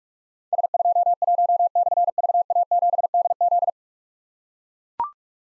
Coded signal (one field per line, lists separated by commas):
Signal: Morse code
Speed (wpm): 44 wpm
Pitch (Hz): 700 Hz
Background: none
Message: S21/VA7DZ